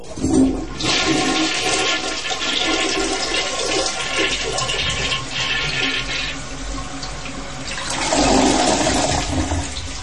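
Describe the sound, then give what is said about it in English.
A toilet flushes loudly, a rushing swirl of water that roars steadily for several seconds, surges again near the end, then drains away. No one speaks. “here, I'll flush you right now. Here you go.”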